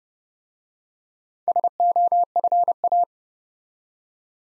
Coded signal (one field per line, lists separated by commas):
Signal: Morse code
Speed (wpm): 30 wpm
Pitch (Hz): 700 Hz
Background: none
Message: SOFA